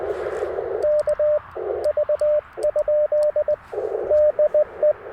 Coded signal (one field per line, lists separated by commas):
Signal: Morse code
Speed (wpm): 17 wpm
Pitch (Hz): 590 Hz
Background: radio noise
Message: K V? DE